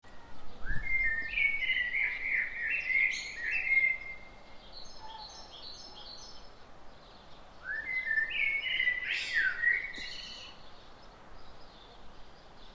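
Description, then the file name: Eurasian blackbird song: two mellow, warbling whistled phrases, each ending in a thin, high twittering flourish, separated by a pause of several seconds over steady background hiss. "Turdus merula"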